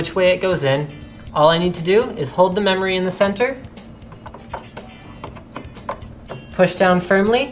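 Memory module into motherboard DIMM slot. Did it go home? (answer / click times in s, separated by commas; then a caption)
no / none. A memory module is held in the center and lined up over a motherboard DIMM slot, just before being pushed down. Someone talks at the start and end, with light handling ticks in between from about 4.3 to 5.9 seconds. Nothing has seated or clicked yet.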